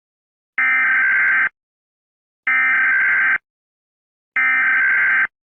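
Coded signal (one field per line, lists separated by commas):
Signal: Emergency Alert System (SAME) tones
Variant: header bursts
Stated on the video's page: Fictional EAS scenario with simulated alert tones.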